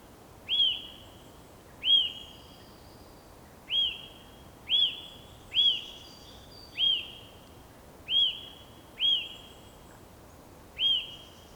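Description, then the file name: Eurasian nuthatch giving a series of piping whistled calls, nine similar notes spaced roughly one to two seconds apart. "Sitta europaea"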